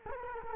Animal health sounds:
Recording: mosquito wingbeat signal from an infrared sensor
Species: Culex quinquefasciatus

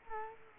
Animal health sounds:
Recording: mosquito wingbeat signal from an infrared sensor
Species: Culex quinquefasciatus

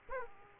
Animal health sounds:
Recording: mosquito wingbeat signal from an infrared sensor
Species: Aedes aegypti

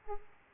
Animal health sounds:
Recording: mosquito wingbeat signal from an infrared sensor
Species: Aedes aegypti

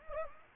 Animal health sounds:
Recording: mosquito wingbeat signal from an infrared sensor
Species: Anopheles gambiae

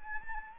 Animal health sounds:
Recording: mosquito wingbeat signal from an infrared sensor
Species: Anopheles arabiensis

